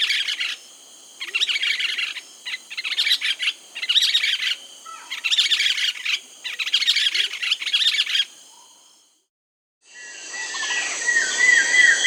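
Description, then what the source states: Yellow-billed nunbird calls: dense bursts of loud, rollicking, harsh chattering notes in rapid runs, with brief pauses between phrases. South America.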